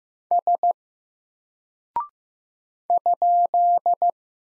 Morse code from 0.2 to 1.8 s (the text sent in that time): S